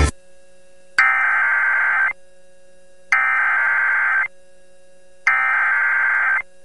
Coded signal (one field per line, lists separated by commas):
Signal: Emergency Alert System (SAME) tones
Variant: header bursts